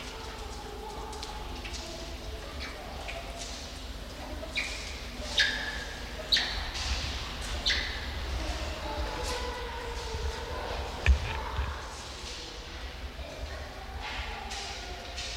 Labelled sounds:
Banded Mongoose (Mungos mungo)

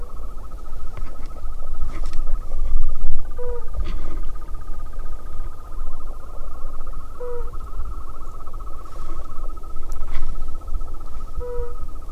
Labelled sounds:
Fire-Bellied Toad (Bombina bombina) call

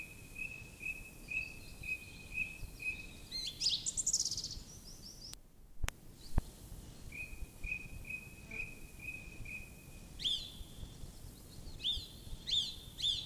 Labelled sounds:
Song Thrush (Turdus philomelos) song

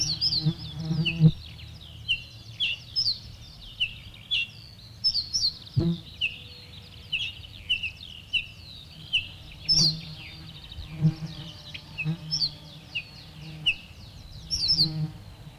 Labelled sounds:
Ortolan Bunting (Emberiza hortulana) alarm call

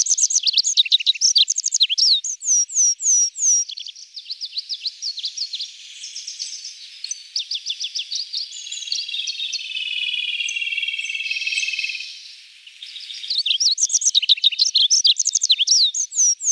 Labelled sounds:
Olive-backed Pipit (Anthus hodgsoni) song

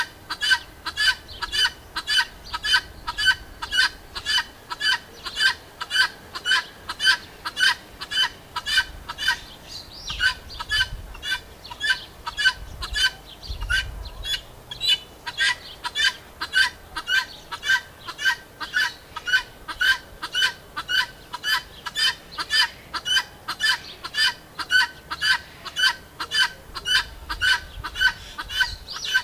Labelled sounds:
Vulturine Guineafowl (Acryllium vulturinum) call

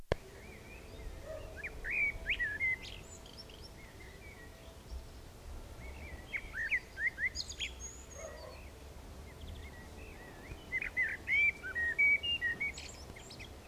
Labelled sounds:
Common Blackbird (Turdus merula) song

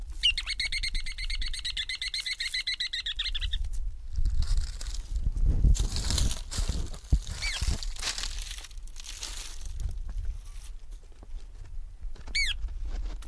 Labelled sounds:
Ruddy Turnstone (Arenaria interpres) call

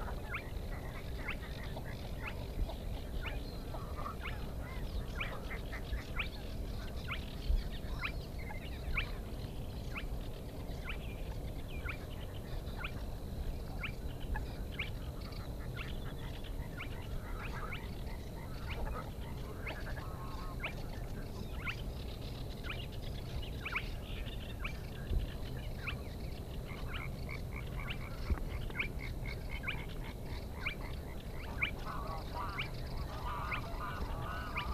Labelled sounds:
Spotted Crake (Porzana porzana)

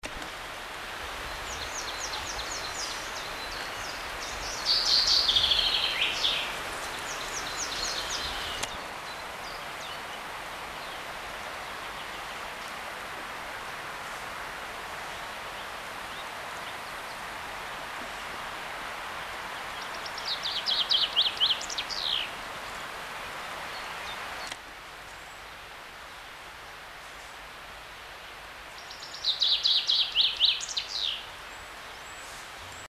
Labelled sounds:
Common Chaffinch (Fringilla coelebs) song, European Greenfinch (Chloris chloris)

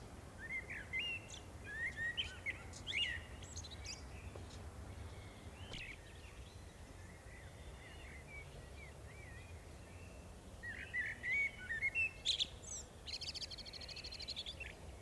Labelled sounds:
Common Blackbird (Turdus merula) song

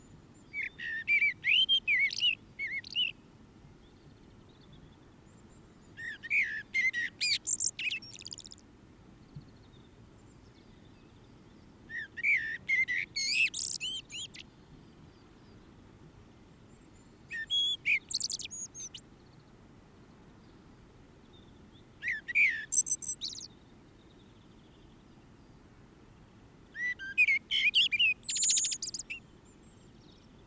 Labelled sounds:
Common Blackbird (Turdus merula) song

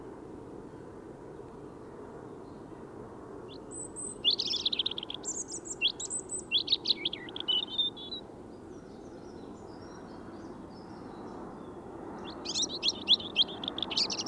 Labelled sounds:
European Robin (Erithacus rubecula) song

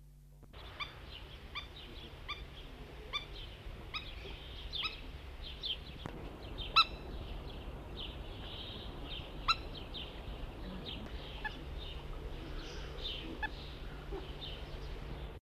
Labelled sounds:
Spur-winged Plover (Vanellus spinosus) call

